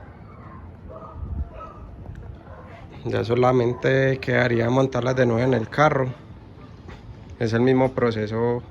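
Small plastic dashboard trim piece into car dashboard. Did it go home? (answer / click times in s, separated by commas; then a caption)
no / none. A small painted plastic dashboard trim piece from a Kia Picanto Ion is handled before being pressed back into the dashboard, where it is held only by pressure clips. Someone talks over low background noise, with two faint ticks near 2.1 s. Nothing has seated or clicked yet.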